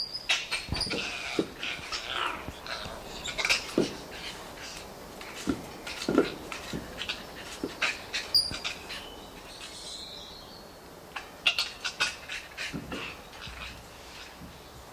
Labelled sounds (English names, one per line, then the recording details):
Black-handed Spider Monkey
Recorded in captivity
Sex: group
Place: Tiergarten Schönbrunn, Wien, AT
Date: 1989-06-08 20:43
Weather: fair, 14°C
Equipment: Sony WM-D6C, Kopie Tesla B 116
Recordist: Tembrock, Günter